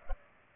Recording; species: mosquito wingbeat signal from an infrared sensor; Culex pipiens